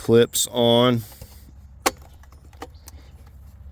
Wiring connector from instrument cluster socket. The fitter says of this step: you just push those out to pop it loose.